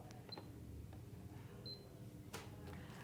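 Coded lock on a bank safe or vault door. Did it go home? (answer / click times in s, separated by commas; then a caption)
released / 2.3 s. A bank loan officer enters the code on the coded lock of a bank safe or vault door, producing short beeps, and the bolt releases with a click at 2.3 seconds. The lock is released open.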